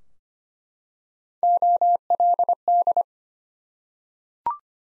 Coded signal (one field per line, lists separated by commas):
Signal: Morse code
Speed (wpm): 25 wpm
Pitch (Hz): 700 Hz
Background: none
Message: OLD